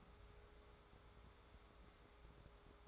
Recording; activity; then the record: daily activity, microphone in the room; take from stove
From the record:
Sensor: 3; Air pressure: 1010.3 hPa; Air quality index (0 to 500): 166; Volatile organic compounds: 9 ppm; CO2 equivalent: 2173 ppm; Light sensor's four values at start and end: 50/124/55/61 and 50/124/55/61